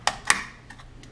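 The bottom plastic bushing of a Flowbee vacuum haircutting attachment's blade assembly is pressed in tight against the mounting holes in the blade housing, where it holds the springs down. A sharp click at 0.1 s is followed by a louder snap at 0.3 s, then faint ticks. The snap at 0.3 s is the bushing seating into place.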